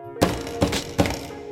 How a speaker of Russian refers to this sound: Меня разбудил стук в дверь, который вернул мой разум из забытья. Это была самая настоящая долбежка.